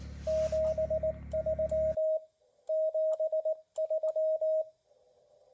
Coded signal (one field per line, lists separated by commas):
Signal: Morse code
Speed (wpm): 19 wpm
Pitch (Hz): 630 Hz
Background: radio noise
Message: 73 73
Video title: 3 fellas, a Jeep, a TV van, a mountain and the 2023 California QSO Party